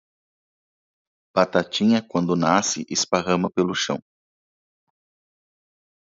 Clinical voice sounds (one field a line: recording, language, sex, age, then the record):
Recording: short text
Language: Brazilian Portuguese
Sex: male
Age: 40 to 49 years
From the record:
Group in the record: control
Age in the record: 48 years